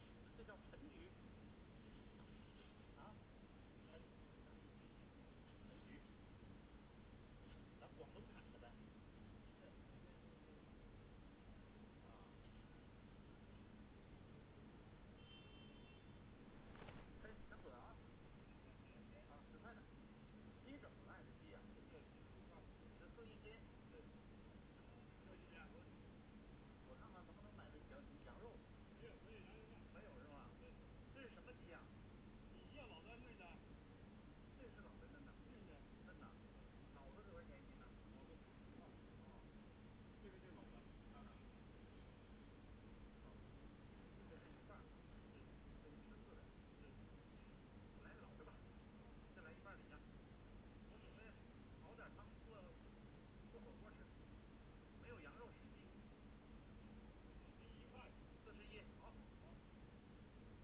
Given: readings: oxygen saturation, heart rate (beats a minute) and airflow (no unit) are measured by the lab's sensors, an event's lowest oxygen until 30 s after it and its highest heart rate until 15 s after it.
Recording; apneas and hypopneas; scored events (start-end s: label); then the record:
a person awake in a sleep study, by a voice recorder at the bedside; none
0.00-60.64 s: awake
From the record:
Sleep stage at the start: awake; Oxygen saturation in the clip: 95 to 96%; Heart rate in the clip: 69 to 75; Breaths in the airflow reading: 13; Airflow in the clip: -4.6 to 5.2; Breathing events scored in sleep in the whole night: 131 in 7.2 hours asleep